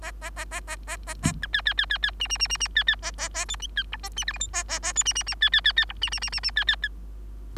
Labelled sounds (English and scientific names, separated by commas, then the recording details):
Bengalese Finch (Lonchura striata domestica) song
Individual Bird3